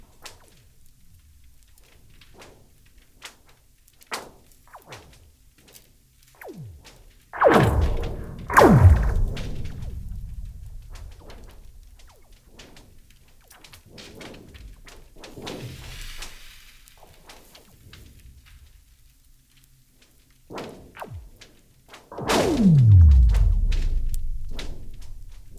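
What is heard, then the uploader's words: Ice on a frozen lake cracks in sharp snaps, with two big booming, twanging cracks near 8 and 22 seconds that slowly fade. I made this sound recording of a frozen lake in the winter of 2005/06 in the area around Berlin. The ice expands or contracts, and the resulting tension in the ice causes cracks to appear. The ice sheet acts as a huge membrane across which the cracking and popping sounds spread. The most striking thing about these recordings is the synthetic-sounding descending tones caused by the phenomenon of the dispersion of sound waves.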